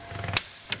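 A cable end on a 1982 Porsche 911SC is pushed with needle nose pliers into its mount in the pedal area, after the cable is positioned at its original point for proper tension. Low scraping and rattling build up to a sharp tick at 0.4 s. A clear snap at 0.7 s marks the cable end seating onto its mount.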